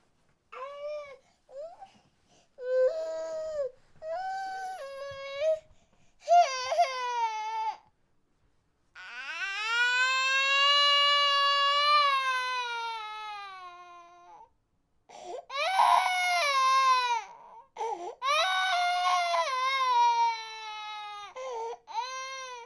Baby cry long.